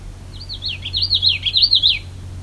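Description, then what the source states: Common Yellowthroat singing a single rapid rolling phrase of repeated wavy notes, loud and clear above a faint low hum. Recorded in the field near a lake; the bird came very close to the recorder.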